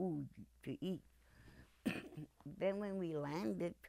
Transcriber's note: coughs